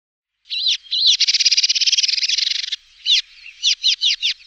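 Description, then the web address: House sparrow calls: two chirps, then a rapid buzzy rattling chatter lasting over a second, followed by a series of separate sharp chirps. "Schulze Peter House Sparrow"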